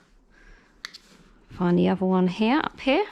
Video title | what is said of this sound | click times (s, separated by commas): BabyBjorn Baby Carrier One Air Review | if you can hear the click | 0.9 s